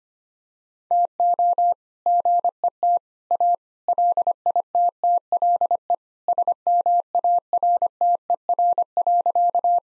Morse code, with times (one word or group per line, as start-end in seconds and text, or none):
0.9-1.7 TO
2.1-3.0 GET
3.3-3.5 A
3.9-5.9 LITTLE
6.3-9.8 SMARTER.